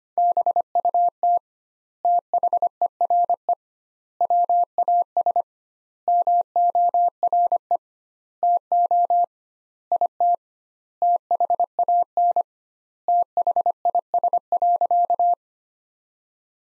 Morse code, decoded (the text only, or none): BUT THERE WAS MORE TO IT THAN THIS.